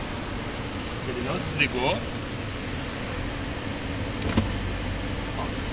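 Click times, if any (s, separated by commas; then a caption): 4.2 s, 4.4 s. A thick CCS2 DC charging plug, still locked after the charging session ended, is pulled out of an electric car's charging inlet, a Caoa Chery iCar. Someone talks over a steady background hum, then short mechanical clacks at 4.2 and 4.4 seconds mark the connector coming free. The plug is released from the inlet.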